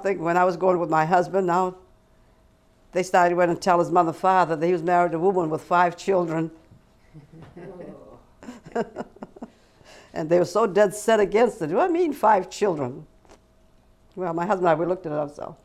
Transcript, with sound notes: When I was going with my husband now, they started, went and tell his mother and father, he just married a woman with five children. ( she laughs ) And they were so dead-set against it. "What do you mean, five children?" Well, my husband and I, we looked at ourselves.